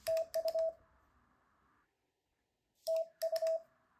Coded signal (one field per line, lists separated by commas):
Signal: Morse code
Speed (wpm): 25 wpm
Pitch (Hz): 650 Hz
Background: none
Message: TU TU